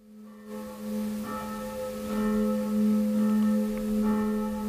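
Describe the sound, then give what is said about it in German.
Evening church bells in the Südstadt of Nuremberg ring out continuously in a sustained, overlapping peal, with a steady low hum and repeated brighter strikes layered on top, fairly loud and with no voices. “Ja, und die noch cooleren Jungs hören jetzt hier aus Nürnberg in der Südstadt das abendliche Glockenläuten.”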